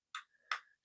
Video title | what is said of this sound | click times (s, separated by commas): SO another vinted purchase but will it be happy or crappy?? | clamps in. And then the driver is locked into place. | 0.2 s, 0.5 s